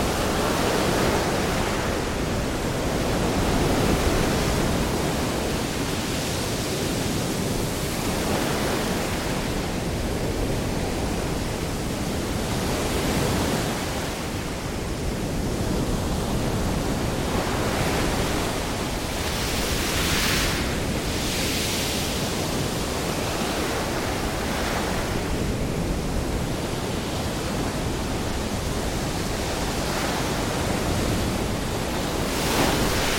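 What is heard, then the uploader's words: Ocean waves wash steadily and densely throughout, a constant rushing wash with a strong low rumble. Brighter hissing surges rise briefly around 20 and 28 seconds and again near the end as water breaks, with no other sounds. Relaxing Pacific Waves.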